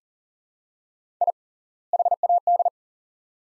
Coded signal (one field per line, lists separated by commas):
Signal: Morse code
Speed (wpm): 39 wpm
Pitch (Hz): 700 Hz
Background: none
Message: I HAD